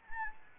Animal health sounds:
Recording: mosquito wingbeat signal from an infrared sensor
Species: Anopheles gambiae

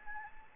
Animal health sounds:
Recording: mosquito wingbeat signal from an infrared sensor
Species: Anopheles gambiae

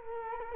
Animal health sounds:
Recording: mosquito wingbeat signal from an infrared sensor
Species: Culex quinquefasciatus

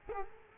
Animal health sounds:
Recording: mosquito wingbeat signal from an infrared sensor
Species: Culex quinquefasciatus

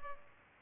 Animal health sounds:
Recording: mosquito wingbeat signal from an infrared sensor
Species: Culex pipiens

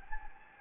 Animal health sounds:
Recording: mosquito wingbeat signal from an infrared sensor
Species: Anopheles gambiae

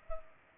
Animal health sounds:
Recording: mosquito wingbeat signal from an infrared sensor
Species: Culex pipiens

